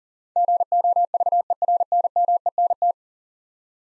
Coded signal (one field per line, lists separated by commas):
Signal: Morse code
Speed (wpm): 40 wpm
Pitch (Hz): 700 Hz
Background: none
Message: GOVERNMENT